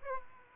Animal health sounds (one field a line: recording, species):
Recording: mosquito wingbeat signal from an infrared sensor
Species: Aedes aegypti